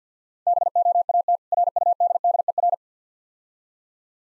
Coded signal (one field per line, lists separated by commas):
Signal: Morse code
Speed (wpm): 50 wpm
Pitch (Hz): 700 Hz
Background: none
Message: BOAT RUDDER